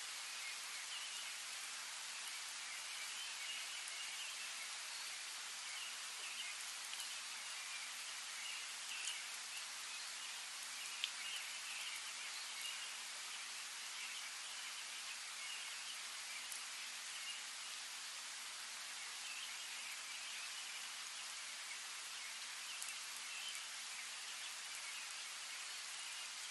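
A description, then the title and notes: Rain falls steadily in a forest, a dense, even hiss of countless small drops with a bright, airy quality. The level barely changes across the whole span, with only a few slightly louder drops standing out near eleven seconds. A faint low hum sits underneath. Forest Rain. The soothing melody of raindrops gently falling on a lush woodland canvas.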